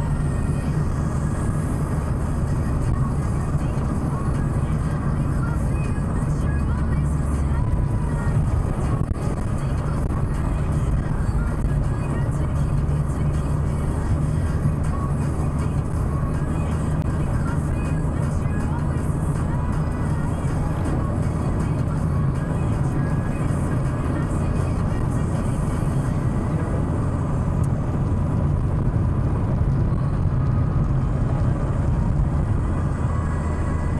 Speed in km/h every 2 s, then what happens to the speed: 85, 84, 83, 81, 80, 82, 85, 87, 90, 92, 94, 95, 97, 98, 98, 97, 91.
0-8 steady at about 83. 8-26 speeds up to 98. 26-34 slows to 91.